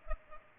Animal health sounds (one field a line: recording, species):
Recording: mosquito wingbeat signal from an infrared sensor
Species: Culex pipiens